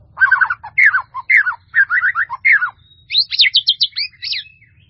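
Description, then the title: White-rumped Shama song: rich, varied whistled phrases in quick bursts, first lower slurred notes then higher sharper ones, with a faint low hum underneath. "murai batu"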